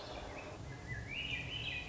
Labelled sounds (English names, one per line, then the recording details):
Swainson's Thrush
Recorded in Sonoma County, California